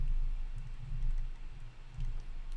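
The plastic plug of the extruder motor cable is pushed onto the motor socket of a SainSmart Ender 3 Pro, over a steady low rumble with faint rustling and a brief faint tick near 2.5 seconds. No click is heard and nothing has clicked, but the plug is in.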